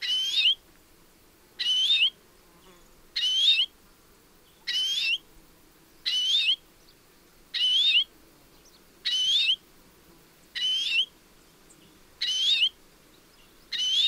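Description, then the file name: European greenfinch calling, a steady series of ten brief wavering notes spaced roughly one and a half seconds apart. "Chloris chloris"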